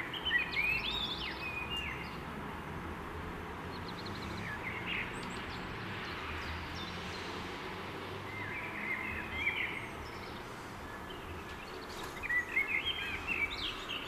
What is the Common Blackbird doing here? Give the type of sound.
song